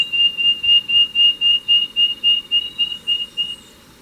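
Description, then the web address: Wing-banded wren giving a long series of clear, pure whistled notes on one pitch, about four per second, steady and evenly spaced, fading slightly toward the end. Recorded in Ecuador. "Birds of Ecuador. Wing-Banded Wren"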